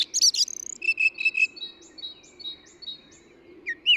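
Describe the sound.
Eurasian blackbird giving high twittering notes, then a run of short, evenly spaced chirps and thin whistles, ending on a brief squeaky flourish.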